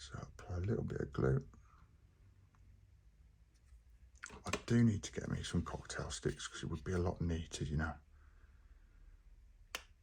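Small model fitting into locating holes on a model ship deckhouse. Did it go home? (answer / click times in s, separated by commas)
yes / 9.8 s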